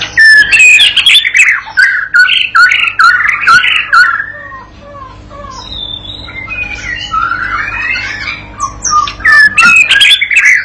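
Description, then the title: White-rumped shama song, loud varied whistles and sharp clicks in bursts, with a softer stretch of slurred notes in the middle before strong phrases return. Master lure song used to train a young shama (murai batu paud) to sing gacor and prompt it to answer at once. "MURAI BATU PAUD BELAJAR GACOR, AJARI DENGAN MASTERAN PANCINGAN INI, PANCING LANGSUNG NYAUT"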